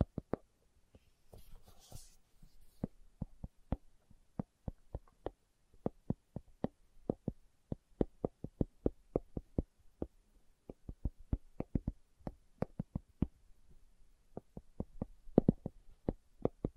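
Slow tapping in an ASMR style: sharp, dry knocks fall one after another at an uneven pace, sometimes in quick pairs or short runs, then with brief gaps. Around two seconds a soft hiss or rustle sits briefly behind the taps.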